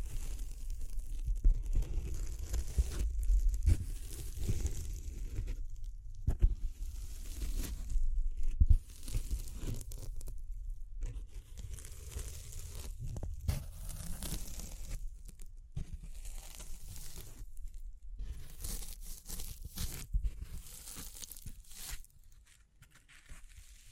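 Tapping, scratching, brushing and crinkling sounds come in an uneven, busy stream, with rough papery tearing textures and frequent short taps and bursts throughout. A steady low rumble sits underneath, and the activity thins and quiets over the last couple of seconds.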